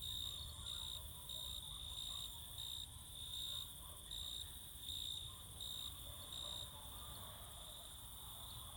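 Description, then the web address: Crickets singing rhythmic high chirps over a continuous high trill, the chirping stopping near the end. Crickets singing close in summer fields in the evening or night. "Sculp Tunes - Summer in the field - Crickets and Cicadas"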